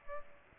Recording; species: mosquito wingbeat signal from an infrared sensor; Aedes aegypti